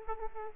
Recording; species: mosquito wingbeat signal from an infrared sensor; Aedes aegypti